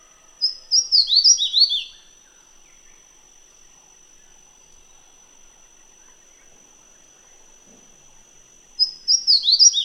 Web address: grey warbler bird call